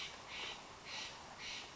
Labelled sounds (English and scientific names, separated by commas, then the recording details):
Steller's Jay (Cyanocitta stelleri)
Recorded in Sonoma County, California